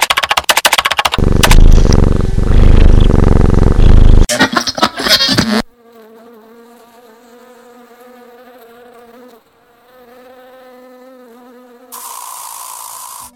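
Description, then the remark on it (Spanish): Honeybees buzzing, starting as a loud, dense rush of noise and settling into a steady, low droning hum with a wavering tone, ending in a brief hiss. “Debido a la contaminación y el uso de insecticidas, están desapareciendo las colonias de abejas.”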